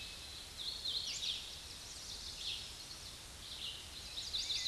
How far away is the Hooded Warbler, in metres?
about 40 m